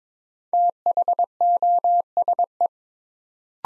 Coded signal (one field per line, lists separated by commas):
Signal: Morse code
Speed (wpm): 22 wpm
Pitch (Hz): 700 Hz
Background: none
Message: THOSE